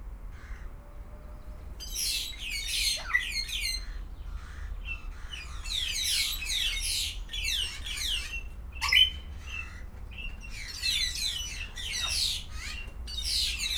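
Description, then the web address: Grey parrot calls: repeated harsh, buzzy squawks and brief whistles in clustered bursts, quieter start, steady low hum in the background. Captive, at a zoo in Szeged, recorded in 2011. "szegedizoo. jakopapagaj"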